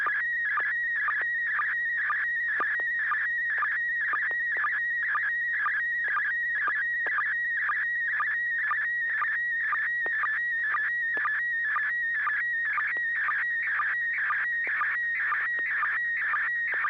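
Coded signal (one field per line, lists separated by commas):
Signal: SSTV (slow-scan television)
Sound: steady warbling whistle near 1.9 kHz, interrupted by short low chirps about twice a second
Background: low mains hum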